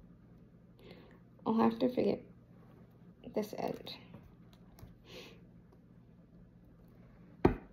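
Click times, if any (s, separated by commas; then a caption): 7.5 s. Plastic pieces of a miniature toy lamp are fiddled with and fitted into its base while someone talks, with soft handling clicks along the way. A loud, sharp click at 7.5 seconds marks the lamp part snapping into place, seated.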